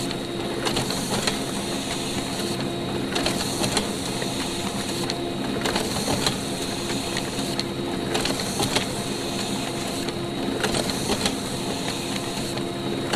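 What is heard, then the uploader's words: A laser printer runs steadily, its constant hum and whir broken by regular mechanical clicks and swishes roughly every second or two. Laser printer and photocopier recorded by Dan Bodah in April 2009, Brooklyn NY. Printing and photocopying.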